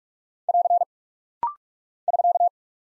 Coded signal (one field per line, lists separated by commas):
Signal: Morse code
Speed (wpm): 46 wpm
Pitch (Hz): 700 Hz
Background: none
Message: <AR> <SK>